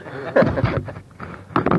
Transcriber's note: laughter